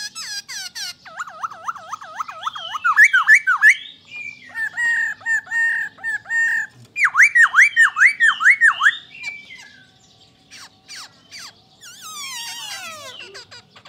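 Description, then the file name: Black-throated laughingthrush song: loud runs of swooping whistled notes in rapid bursts, a pause, another bright swooping series, then scattered clicks and a falling squeal at the end. "Pterorhinus chinensis"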